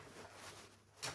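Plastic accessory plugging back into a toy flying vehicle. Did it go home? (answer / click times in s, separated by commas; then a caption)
no / none. A small plastic accessory is handled as it is plugged back into a toy flying vehicle, with soft rustling throughout and a brighter swell near the end. The clip stops just before the part goes in, and nothing has seated or clicked yet.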